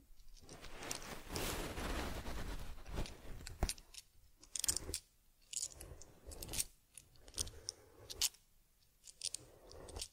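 Someone tends to a teddy bear with brushing and rubbing sounds. The first three seconds are a dense, scratchy rubbing, then the sound breaks into short bursts of crinkly scraping with quiet gaps, punctuated by sharp bright clicks and taps every second or two.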